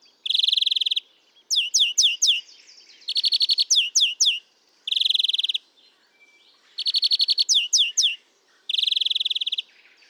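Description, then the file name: European greenfinch alternating harsh buzzy bursts with quick chirped trills in repeated bursts, loud and clear throughout. "Chloris chloris"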